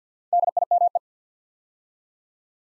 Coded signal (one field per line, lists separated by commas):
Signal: Morse code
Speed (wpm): 48 wpm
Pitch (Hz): 700 Hz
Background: none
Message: DIME